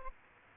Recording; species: mosquito wingbeat signal from an infrared sensor; Aedes aegypti